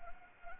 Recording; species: mosquito wingbeat signal from an infrared sensor; Anopheles arabiensis